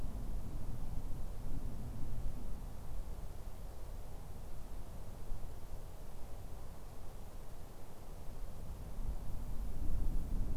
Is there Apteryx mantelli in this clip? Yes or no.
no